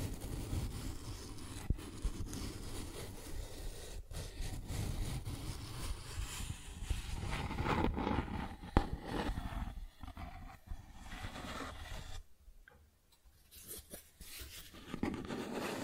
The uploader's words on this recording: ASMR Cardboard Scratching, Tracing, Tearing (No Talking).